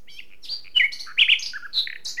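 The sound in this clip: Common nightingale song fragment of varied notes in quick succession, mixing short whistles and slurred chirps.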